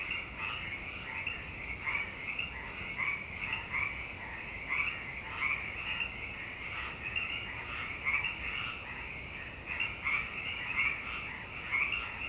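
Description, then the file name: Frogs calling in a dense chorus, overlapping pulsed croaks that swell and fade in waves over a steady hiss. "frogpocalypse"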